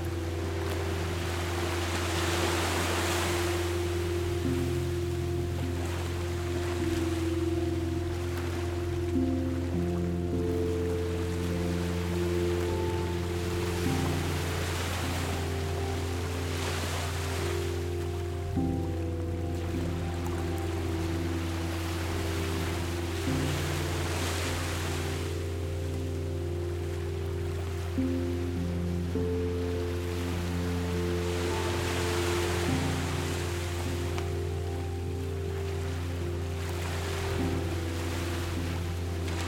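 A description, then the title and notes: Calm ocean waves wash in and draw back in slow swells roughly every six to eight seconds, each a soft rising hiss that fades away. Underneath, sustained low piano notes shift between chords over a steady deep hum, filling the whole stretch. Piano Music with Ocean Sounds. Calm ocean waves coming to shore and leaving. Ambient piano melody.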